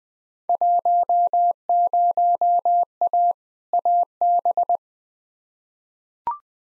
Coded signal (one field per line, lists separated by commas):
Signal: Morse code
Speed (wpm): 20 wpm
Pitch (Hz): 700 Hz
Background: none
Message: 10A AB